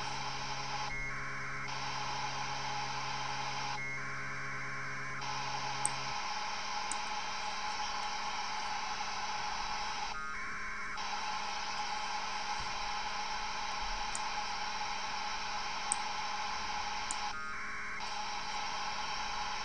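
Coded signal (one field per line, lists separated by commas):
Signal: packet radio (AX.25, as in APRS)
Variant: AFSK 1200 baud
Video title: Strange Beacons - Decoding APRS Using AFSK1200 at 144 390 00 MHz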